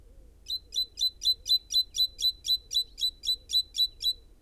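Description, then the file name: Great tit chattering call: a fast, even series of many harsh, clicking notes, roughly four per second, held steady throughout. "Parus major"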